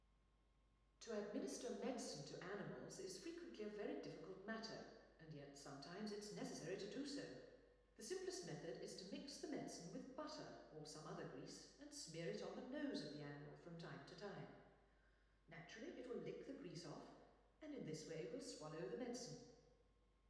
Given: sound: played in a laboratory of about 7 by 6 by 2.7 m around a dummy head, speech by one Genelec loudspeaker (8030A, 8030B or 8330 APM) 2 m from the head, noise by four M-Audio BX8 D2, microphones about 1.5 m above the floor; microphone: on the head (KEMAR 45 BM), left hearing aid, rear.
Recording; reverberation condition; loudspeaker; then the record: female speech in English; high; 60 degrees to the left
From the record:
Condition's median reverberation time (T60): about 1300 ms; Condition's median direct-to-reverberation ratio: about -4.0 dB